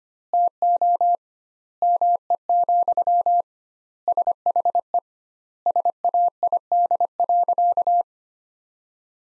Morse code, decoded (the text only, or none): TO ME, SHE SAID.